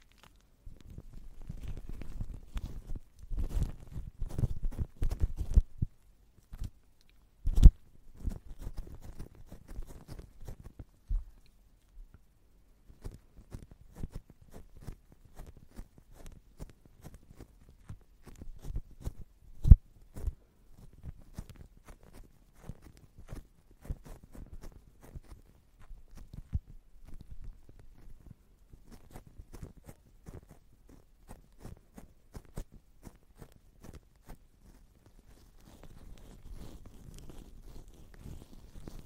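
Shaving foam is squished and patted in irregular bursts of soft, wet crackling clicks, busiest early and near twenty seconds, then sparser.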